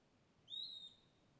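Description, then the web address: Bird giving one drawn-out clear high whistle that rises briefly then holds steady before fading; quiet background. Lone bird by a riverbank in dense forest, afternoon; page names Cavalcante. "Passaro isolado beira do rio mata fechada mosca tarde. local cavalcante"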